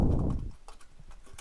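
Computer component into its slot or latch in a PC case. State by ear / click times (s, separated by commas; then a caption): not seated / none. A computer component is pushed several times toward its slot or latch inside a PC case while hardware is being swapped, but it does not latch. A loud, low rumbling handling noise fills the first half-second, followed by quieter scattered knocks and a short sharp tick at 1.4 s. Nothing has latched or clicked into place yet.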